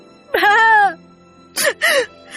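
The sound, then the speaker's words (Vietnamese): A woman kneeling at a wooden bench lets out a long, quavering, heartrending wail that bends upward in pitch, followed by two shorter, sobbing cries in quick succession, loud and anguished with no talking. “Cô chỉ kêu lên tiếng xé lòng.”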